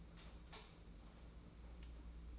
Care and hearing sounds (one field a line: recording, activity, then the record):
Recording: daily activity, microphone in the room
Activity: light on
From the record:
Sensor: 1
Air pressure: 991.9 hPa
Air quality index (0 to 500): 215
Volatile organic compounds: 1000 ppm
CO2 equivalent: 8362 ppm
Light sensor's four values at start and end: 14/41/16/17 and 9/21/9/9